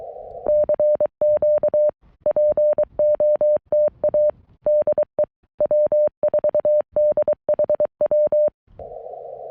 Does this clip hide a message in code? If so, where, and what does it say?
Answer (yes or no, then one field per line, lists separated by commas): yes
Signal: Morse code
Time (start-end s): 0.5-8.5 s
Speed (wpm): 22 wpm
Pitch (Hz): 590 Hz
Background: none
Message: CQ POTA DE W4DHW